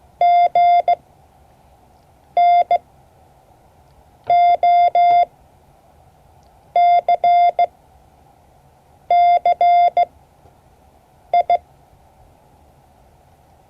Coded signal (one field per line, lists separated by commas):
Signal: Morse code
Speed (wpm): 16 wpm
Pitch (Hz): 690 Hz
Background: none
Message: G N O C C I